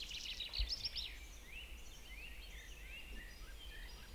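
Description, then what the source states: Birds singing, a burst of quick high chirps followed by soft thin twittering over low rumbling background noise. Birds in a forest in the morning.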